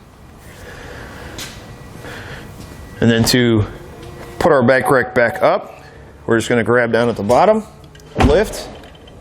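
Someone talks while a Kuat Sherpa 2.0 hitch bike rack for 2 bikes on a 2020 Chevrolet Equinox is grabbed at the bottom to lift it from its tilted-down position back up toward upright, where the tilt latch on the rack mast will click into place. Only speech and faint background noise are heard, with a small sharp sound at 9.1 s. The rack has not latched or clicked into place yet.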